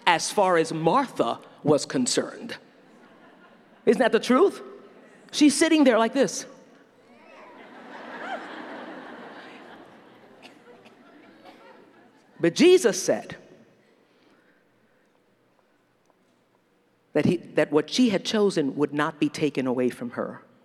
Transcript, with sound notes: as far as Martha was concerned! Isn’t that the truth? She’s sitting there like this! (laughter) But Jesus said that what Mary had chosen would not be taken away from her.